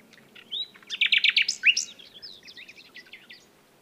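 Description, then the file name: Common nightingale song: a short whistle, then a loud run of rapidly repeated notes, a slurred whistle and a tumbling series of quieter chirps. "Luscinia megarhynchos"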